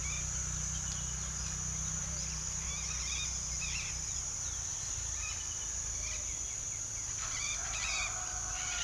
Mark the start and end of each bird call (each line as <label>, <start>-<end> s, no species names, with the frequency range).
bird call (1.6-5.1 kHz), 2.65-4.03 s
bird call (0.8-5.3 kHz), 5.00-6.33 s
bird call (1.1-6.0 kHz), 7.20-8.84 s